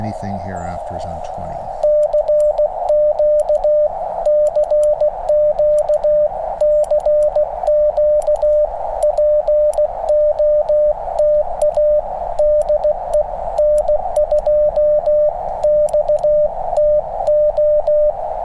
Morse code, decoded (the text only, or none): CQ CQ CQ POTA DE N2XTO